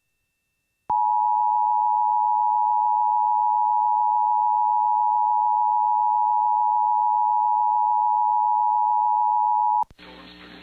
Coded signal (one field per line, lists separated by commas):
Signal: Emergency Alert System (SAME) tones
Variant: 853 and 960 Hz attention tone